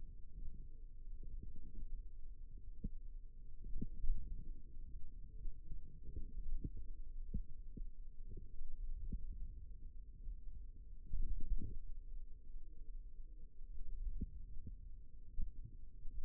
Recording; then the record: forearm muscle sounds (acoustic myography)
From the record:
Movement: hand opening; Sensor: system 2, bracelet of six BSWA MPA416 microphones around the upper forearm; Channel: 4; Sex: female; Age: 22 years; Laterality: right